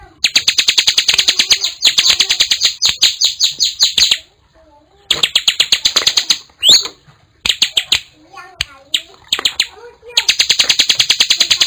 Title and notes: Kicau Ciblek. putri sherin. kumpulan suara burung ciblek gacor dan anakan